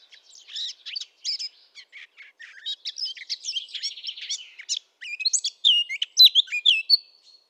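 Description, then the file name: Eurasian blackcap singing, a hurried jumble of scratchy notes building into brighter, louder whistled notes near the end. "Sylvia atricapilla"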